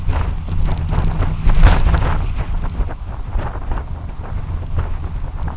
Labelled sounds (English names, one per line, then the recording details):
none
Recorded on Arctic tundra, site UTQI-2, on 12 June 2019
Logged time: 04:00